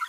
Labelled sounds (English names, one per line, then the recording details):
Green-rumped Parrotlet babbling
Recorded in a nest box in Venezuela
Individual 18B25A3